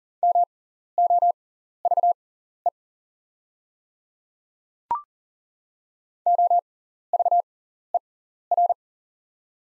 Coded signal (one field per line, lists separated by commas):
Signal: Morse code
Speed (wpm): 40 wpm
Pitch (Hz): 700 Hz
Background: none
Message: MOVE OVER